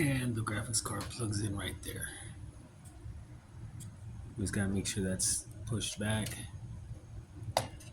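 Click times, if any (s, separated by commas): 7.6 s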